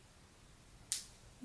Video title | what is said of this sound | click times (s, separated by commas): Outre Big Beautiful Hair 4A Clip one/ Lazy Girl Method | it clicked on both sides okay | 0.9 s